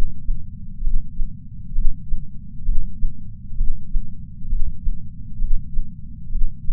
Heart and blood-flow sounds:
heart sounds by patch sensor on the chest; 66 bpm
0.85 s: heartbeat
1.76 s: heartbeat
2.66 s: heartbeat
3.58 s: heartbeat
4.51 s: heartbeat
5.42 s: heartbeat
6.33 s: heartbeat
From the record:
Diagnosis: coronary artery disease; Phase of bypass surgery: preoperative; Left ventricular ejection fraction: 62.1%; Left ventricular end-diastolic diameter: 45 mm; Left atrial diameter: 40 mm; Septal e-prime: 8 cm/s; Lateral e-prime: 10 cm/s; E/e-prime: 5.6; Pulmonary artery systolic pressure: 22 mmHg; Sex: male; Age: 60 years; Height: 170 cm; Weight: 67 kg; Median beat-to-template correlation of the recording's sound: 0.93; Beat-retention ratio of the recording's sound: 1.00

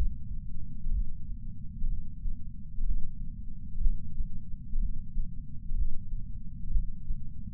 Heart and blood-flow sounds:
heart sounds by patch sensor on the chest; 62 bpm
0.90 s: heartbeat
1.87 s: heartbeat
2.84 s: heartbeat
3.80 s: heartbeat
4.79 s: heartbeat
5.75 s: heartbeat
6.70 s: heartbeat
From the record:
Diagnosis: coronary artery disease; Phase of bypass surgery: postoperative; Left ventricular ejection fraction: 68.2%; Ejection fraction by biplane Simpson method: 62.7%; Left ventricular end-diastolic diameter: 48 mm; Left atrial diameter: 40 mm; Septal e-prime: 8.6 cm/s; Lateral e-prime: 10.2 cm/s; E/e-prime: 10.9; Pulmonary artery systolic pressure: 38 mmHg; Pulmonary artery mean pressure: 18 mmHg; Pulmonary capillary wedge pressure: 11 mmHg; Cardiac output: 6.45 L/min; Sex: male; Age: 57 years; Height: 175 cm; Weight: 80 kg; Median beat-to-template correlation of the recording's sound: 0.76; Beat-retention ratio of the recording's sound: 0.99

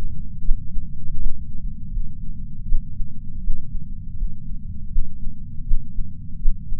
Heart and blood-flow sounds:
heart sounds by patch sensor on the chest; 80 bpm
0.43 s: heartbeat
1.17 s: heartbeat
1.91 s: heartbeat
2.67 s: heartbeat
3.42 s: heartbeat
4.15 s: heartbeat
4.90 s: heartbeat
5.65 s: heartbeat
6.40 s: heartbeat
From the record:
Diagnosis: coronary artery disease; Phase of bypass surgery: postoperative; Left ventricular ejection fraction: 54.4%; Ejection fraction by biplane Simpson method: 44%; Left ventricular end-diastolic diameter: 43 mm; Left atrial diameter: 34 mm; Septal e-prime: 5 cm/s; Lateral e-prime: 5.3 cm/s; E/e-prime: 15.7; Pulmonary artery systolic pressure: 21 mmHg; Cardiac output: 4.9 L/min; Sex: female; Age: 70 years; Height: 152 cm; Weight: 65 kg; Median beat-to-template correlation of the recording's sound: 0.82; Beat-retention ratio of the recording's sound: 0.98

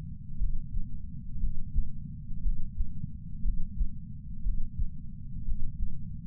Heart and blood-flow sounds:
heart sounds by patch sensor on the chest; 59 bpm
0.39 s: heartbeat
1.41 s: heartbeat
2.44 s: heartbeat
3.43 s: heartbeat
4.44 s: heartbeat
5.46 s: heartbeat
From the record:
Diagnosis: coronary artery disease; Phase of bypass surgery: preoperative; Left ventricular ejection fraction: 41.8%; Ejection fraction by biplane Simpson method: 39%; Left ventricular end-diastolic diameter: 62 mm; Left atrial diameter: 43 mm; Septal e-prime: 3 cm/s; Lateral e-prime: 8 cm/s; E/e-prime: 13.6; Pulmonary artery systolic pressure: 41 mmHg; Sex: male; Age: 69 years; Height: 165 cm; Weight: 60 kg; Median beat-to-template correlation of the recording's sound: 0.79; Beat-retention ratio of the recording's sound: 0.99

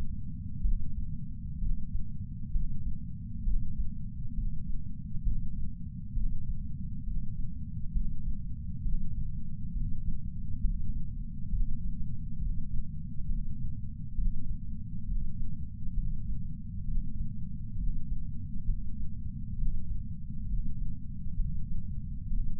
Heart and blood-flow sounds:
heart sounds by patch sensor on the chest; 66 bpm
0.62 s: heartbeat
1.60 s: heartbeat
2.52 s: heartbeat
3.44 s: heartbeat
4.35 s: heartbeat
5.24 s: heartbeat
6.14 s: heartbeat
7.04 s: heartbeat
7.93 s: heartbeat
8.83 s: heartbeat
9.73 s: heartbeat
10.62 s: heartbeat
11.50 s: heartbeat
12.39 s: heartbeat
13.27 s: heartbeat
14.16 s: heartbeat
15.06 s: heartbeat
15.95 s: heartbeat
16.86 s: heartbeat
17.77 s: heartbeat
18.66 s: heartbeat
19.56 s: heartbeat
20.47 s: heartbeat
21.37 s: heartbeat
22.28 s: heartbeat
From the record:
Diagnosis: coronary artery disease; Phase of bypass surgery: preoperative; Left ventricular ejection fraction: 43.1%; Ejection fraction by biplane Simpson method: 44.4%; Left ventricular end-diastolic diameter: 60 mm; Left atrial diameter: 37 mm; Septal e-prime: 5.3 cm/s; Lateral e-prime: 8.1 cm/s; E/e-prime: 7.6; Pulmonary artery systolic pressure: 20 mmHg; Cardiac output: 4.08 L/min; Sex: male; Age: 57 years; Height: 183 cm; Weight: 85 kg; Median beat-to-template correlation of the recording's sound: 0.82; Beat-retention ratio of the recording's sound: 0.97

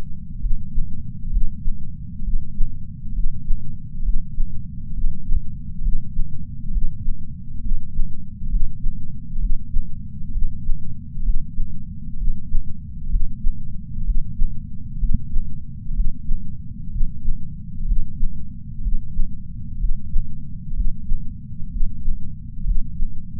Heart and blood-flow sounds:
heart sounds by patch sensor on the chest; 65 bpm
0.38 s: heartbeat
1.29 s: heartbeat
2.21 s: heartbeat
3.11 s: heartbeat
4.02 s: heartbeat
4.92 s: heartbeat
5.80 s: heartbeat
6.70 s: heartbeat
7.60 s: heartbeat
8.48 s: heartbeat
9.38 s: heartbeat
10.30 s: heartbeat
11.22 s: heartbeat
12.15 s: heartbeat
13.08 s: heartbeat
14.03 s: heartbeat
14.97 s: heartbeat
15.93 s: heartbeat
16.89 s: heartbeat
17.84 s: heartbeat
18.80 s: heartbeat
19.77 s: heartbeat
20.73 s: heartbeat
21.68 s: heartbeat
22.63 s: heartbeat
From the record:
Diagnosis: coronary artery disease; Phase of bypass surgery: preoperative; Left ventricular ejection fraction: 49.5%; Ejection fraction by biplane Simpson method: 47.8%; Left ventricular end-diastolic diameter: 60 mm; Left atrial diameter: 43 mm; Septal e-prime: 5 cm/s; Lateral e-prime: 6.6 cm/s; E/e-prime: 10.3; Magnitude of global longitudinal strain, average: 15.5%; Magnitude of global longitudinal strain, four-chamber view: 15.2%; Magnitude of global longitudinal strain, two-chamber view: 16.5%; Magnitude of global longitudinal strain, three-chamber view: 14.7%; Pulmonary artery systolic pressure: 27 mmHg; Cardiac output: 5.6 L/min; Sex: male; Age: 57 years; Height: 175 cm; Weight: 71 kg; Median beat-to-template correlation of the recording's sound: 0.89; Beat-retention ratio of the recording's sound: 0.99

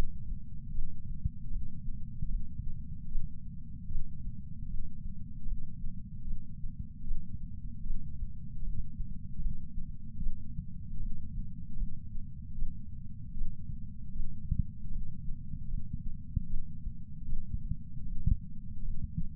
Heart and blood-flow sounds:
heart sounds by patch sensor on the chest; 76 bpm
0.72 s: heartbeat
1.50 s: heartbeat
2.28 s: heartbeat
3.09 s: heartbeat
3.89 s: heartbeat
4.68 s: heartbeat
5.46 s: heartbeat
6.25 s: heartbeat
7.05 s: heartbeat
7.84 s: heartbeat
8.62 s: heartbeat
9.40 s: heartbeat
10.20 s: heartbeat
11.00 s: heartbeat
11.77 s: heartbeat
12.56 s: heartbeat
13.35 s: heartbeat
14.13 s: heartbeat
14.90 s: heartbeat
15.68 s: heartbeat
16.47 s: heartbeat
17.26 s: heartbeat
18.05 s: heartbeat
18.83 s: heartbeat
From the record:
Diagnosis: coronary artery disease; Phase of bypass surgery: postoperative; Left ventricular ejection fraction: 60%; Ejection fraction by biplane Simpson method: 54%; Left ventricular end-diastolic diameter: 47 mm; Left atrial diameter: 39 mm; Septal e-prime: 8.6 cm/s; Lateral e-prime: 7.5 cm/s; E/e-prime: 10.3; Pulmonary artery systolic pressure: 24 mmHg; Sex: male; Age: 75 years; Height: 168 cm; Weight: 74 kg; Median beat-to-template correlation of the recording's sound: 0.84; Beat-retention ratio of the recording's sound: 0.99

